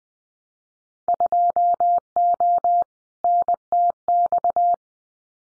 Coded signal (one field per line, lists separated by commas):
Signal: Morse code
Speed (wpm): 20 wpm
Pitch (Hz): 700 Hz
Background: none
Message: 2O NTX